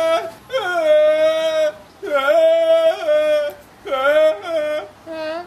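Goat bleating: several long, wavering, nasal bleats with rich harmonics, separated by short pauses.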